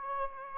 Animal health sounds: mosquito wingbeat signal from an infrared sensor; Aedes aegypti

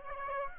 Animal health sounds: mosquito wingbeat signal from an infrared sensor; Aedes aegypti

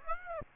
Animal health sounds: mosquito wingbeat signal from an infrared sensor; Aedes aegypti

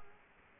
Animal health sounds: mosquito wingbeat signal from an infrared sensor; Culex quinquefasciatus

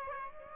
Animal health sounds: mosquito wingbeat signal from an infrared sensor; Aedes aegypti

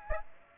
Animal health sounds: mosquito wingbeat signal from an infrared sensor; Aedes aegypti

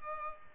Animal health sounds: mosquito wingbeat signal from an infrared sensor; Culex pipiens

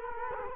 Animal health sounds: mosquito wingbeat signal from an infrared sensor; Culex quinquefasciatus

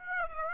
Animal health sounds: mosquito wingbeat signal from an infrared sensor; Aedes aegypti

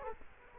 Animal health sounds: mosquito wingbeat signal from an infrared sensor; Culex quinquefasciatus

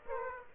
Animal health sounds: mosquito wingbeat signal from an infrared sensor; Aedes aegypti

